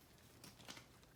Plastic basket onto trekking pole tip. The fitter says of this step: Once you hear it click, it goes over the threads, and it's in a free